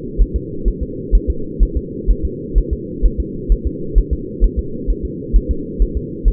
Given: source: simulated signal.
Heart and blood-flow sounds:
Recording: fetal heart sounds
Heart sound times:
0.22 s: S1
0.36 s: S2
0.68 s: S1
0.83 s: S2
1.15 s: S1
1.30 s: S2
1.63 s: S1
1.77 s: S2
2.11 s: S1
2.25 s: S2
2.58 s: S1
2.73 s: S2
3.06 s: S1
3.20 s: S2
3.52 s: S1
3.67 s: S2
3.98 s: S1
4.13 s: S2
4.44 s: S1
4.59 s: S2
4.90 s: S1
5.05 s: S2
5.36 s: S1
5.51 s: S2
5.82 s: S1
5.97 s: S2
6.28 s: S1
From the record:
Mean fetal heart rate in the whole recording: 130 bpm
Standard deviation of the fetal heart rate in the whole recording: 2 bpm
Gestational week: 36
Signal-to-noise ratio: -4.3 dB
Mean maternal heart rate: 72 bpm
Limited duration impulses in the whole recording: absent

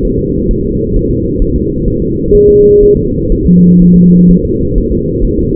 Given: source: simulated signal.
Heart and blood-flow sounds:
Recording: fetal heart sounds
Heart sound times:
0.05 s: S1
0.19 s: S2
0.51 s: S1
0.65 s: S2
0.96 s: S1
1.10 s: S2
1.42 s: S1
1.56 s: S2
1.88 s: S1
2.02 s: S2
2.35 s: S1
2.49 s: S2
2.83 s: S1
2.97 s: S2
3.32 s: S1
3.46 s: S2
3.82 s: S1
3.96 s: S2
4.31 s: S1
4.45 s: S2
4.78 s: S1
4.92 s: S2
5.25 s: S1
5.39 s: S2
From the record:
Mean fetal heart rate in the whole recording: 130 bpm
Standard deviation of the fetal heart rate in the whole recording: 4 bpm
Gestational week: 38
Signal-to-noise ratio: -10.2 dB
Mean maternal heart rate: 72 bpm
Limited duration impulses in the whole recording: present

